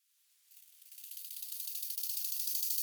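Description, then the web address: Bow-winged grasshopper song: a single rapidly pulsed, hissing buzz that swells steadily louder over more than two seconds in a clear crescendo. "heuschrecken audio nachtigallgrashüpfer"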